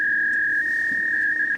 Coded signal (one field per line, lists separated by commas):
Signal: fax machine handshake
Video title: REVISIT: Use Fax Machine As Printer! Put That Old Dial-Up Modem To Use!